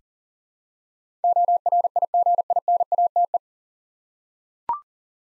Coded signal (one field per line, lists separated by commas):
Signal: Morse code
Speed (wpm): 38 wpm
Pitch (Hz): 700 Hz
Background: none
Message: ORIGINATE